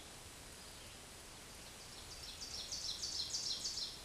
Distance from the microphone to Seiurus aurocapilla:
about 45 m